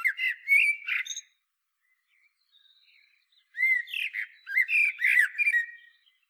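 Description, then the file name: Common blackbird song, a short burst of warbled and squeaky notes, a quiet pause with faint soft notes, then a longer burst. "Turdus merula"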